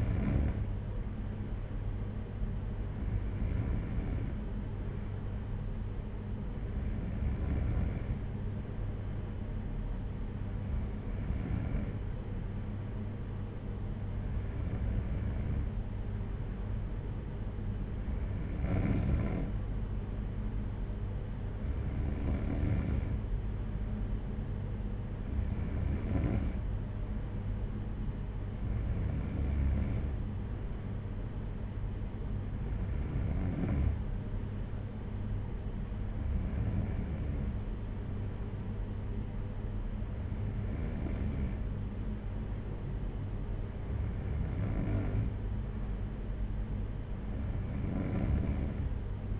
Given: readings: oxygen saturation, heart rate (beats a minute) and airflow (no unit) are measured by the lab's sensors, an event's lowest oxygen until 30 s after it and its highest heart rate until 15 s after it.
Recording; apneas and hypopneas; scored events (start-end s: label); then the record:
breathing in sleep by a smartphone at the bedside; none
none scored
From the record:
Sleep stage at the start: N2 (light sleep); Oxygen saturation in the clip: 93 to 94%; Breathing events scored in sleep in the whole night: 226 in 8.8 hours asleep